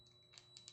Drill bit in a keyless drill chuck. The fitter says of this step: piece at the same time then you can turn this you'll hear the clicking that means it's tight